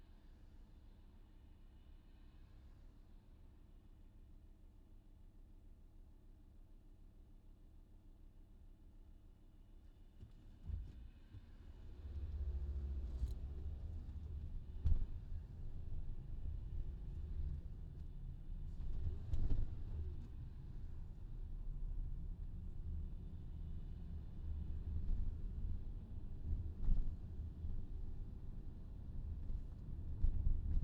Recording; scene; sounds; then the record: everyday scene through a hearing-aid microphone; in a vehicle; engine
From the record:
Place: VW T5 Caravelle, diesel engine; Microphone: in the ear canal, left